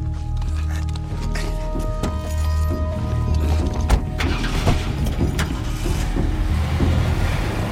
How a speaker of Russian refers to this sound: Мужчины садятся в автомобиль, уезжают. Поехали.